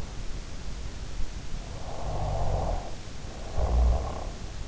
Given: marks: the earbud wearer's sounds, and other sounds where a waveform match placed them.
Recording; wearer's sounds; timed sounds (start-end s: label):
sounds in sleep by an in-ear microphone; snoring breath
1.92-4.43 s: snoring breath